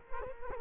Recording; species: mosquito wingbeat signal from an infrared sensor; Culex quinquefasciatus